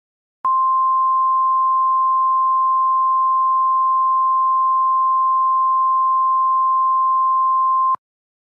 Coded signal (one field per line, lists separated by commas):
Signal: Emergency Alert System (SAME) tones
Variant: 1050 Hz attention tone